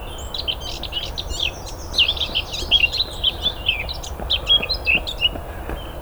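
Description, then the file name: Eurasian blackcap song, a steady run of quick chirped and warbled notes, high and slightly varied, continuing for the whole stretch over faint low rumble. "Sylvia atricapilla"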